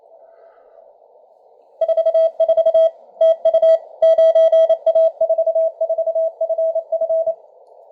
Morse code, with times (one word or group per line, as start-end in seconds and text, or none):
1.8-2.9 44
3.2-3.8 TU
4.0-7.3 9A44FF